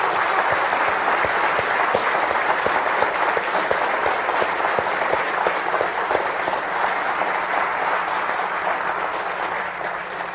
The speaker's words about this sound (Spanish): Es una giganta, desde aquí vamos a darle un aplauso a la giganta Cristina.